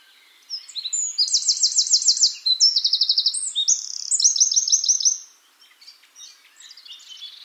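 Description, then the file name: Eurasian wren pouring out a loud song of several rapid trills and piercing notes for about five seconds, then faint scattered high notes. "Troglodytes troglodytes"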